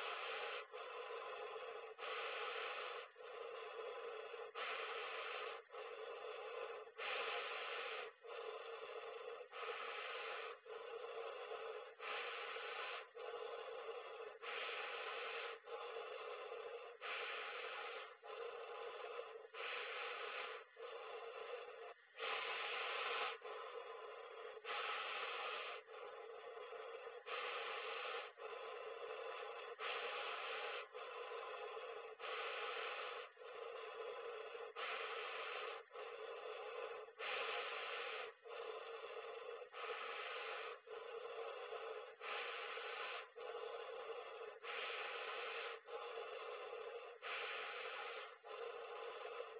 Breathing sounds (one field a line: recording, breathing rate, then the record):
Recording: paced breathing near a phone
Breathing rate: 24 breaths a minute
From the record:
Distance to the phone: 40 cm